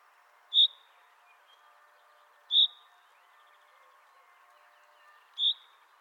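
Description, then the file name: Common chaffinch gives three crisp, clipped call notes, the first two about two seconds apart and the last after a longer pause, with soft background hum. "Fringilla coelebs"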